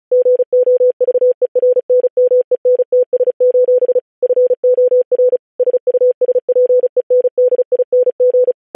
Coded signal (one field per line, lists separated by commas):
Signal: Morse code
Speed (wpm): 36 wpm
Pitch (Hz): 500 Hz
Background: none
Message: GOVERNMENTS: FOR SUSPENDING